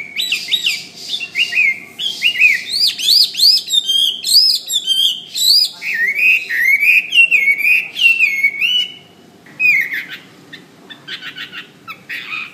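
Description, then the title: Bird song, a lively jumble of rising whistles and chirps in dense phrases, pausing briefly near ten seconds before short sharp notes resume. "SuaraBurung Kicau"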